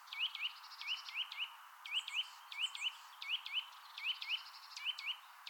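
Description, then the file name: Eurasian nuthatch calls: short, sharply rising whistled notes given in quick pairs and triplets, the groups repeated steadily throughout, with a faint high twittering behind. "Sitta europaea"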